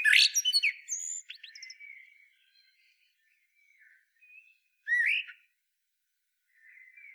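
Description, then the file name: Common blackbird song opening with a shrill twittering burst, fading soft notes, one clear fluted note midway, then faint quiet warbling. "Turdus merula"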